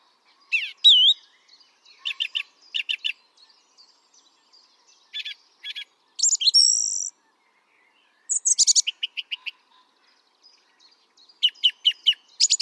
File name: Turdus philomelos